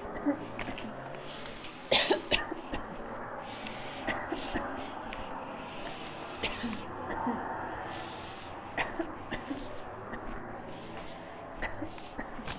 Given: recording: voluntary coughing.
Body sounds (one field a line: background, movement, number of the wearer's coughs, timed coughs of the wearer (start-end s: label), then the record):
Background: traffic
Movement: walking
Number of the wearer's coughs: 13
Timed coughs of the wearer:
0.11-0.36 s: cough
1.89-2.20 s: cough
2.29-2.55 s: cough
2.71-2.89 s: cough
4.05-4.44 s: cough
4.53-4.73 s: cough
6.41-6.93 s: cough
7.07-7.42 s: cough
8.75-9.07 s: cough
9.30-9.69 s: cough
10.12-10.46 s: cough
11.62-11.97 s: cough
12.17-12.53 s: cough
From the record:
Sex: female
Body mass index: 25.5 kg/m2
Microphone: on the chest, facing the body